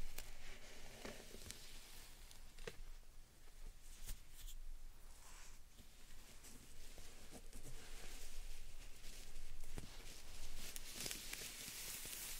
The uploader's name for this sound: Satisfying Slime Sand Triggers